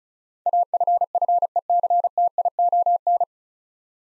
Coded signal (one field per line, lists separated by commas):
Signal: Morse code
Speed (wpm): 36 wpm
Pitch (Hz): 700 Hz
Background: none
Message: AFFECTION